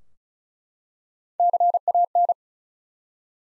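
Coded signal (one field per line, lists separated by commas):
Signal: Morse code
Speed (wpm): 34 wpm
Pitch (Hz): 700 Hz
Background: none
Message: CAN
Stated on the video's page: Morse code practice at 35 wpm: the 100 most common English words, each sent three times, then spoken, then sent again.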